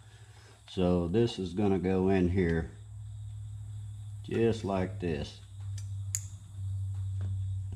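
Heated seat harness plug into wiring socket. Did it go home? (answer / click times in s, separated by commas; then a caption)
yes / 6.1 s. Someone talks while a keyed Mustang Deluxe heated seat harness plug is pushed into its wiring socket with the purple, black and red wire colors lined up. A sharp click sounds at 6.2 s as the plug clicks in and seats.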